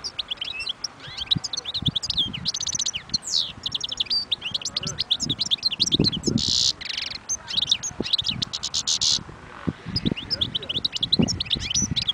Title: اجمل غناءالحسون الخلويchant chardonneret sauvage